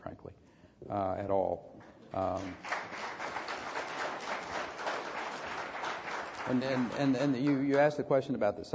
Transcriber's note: applause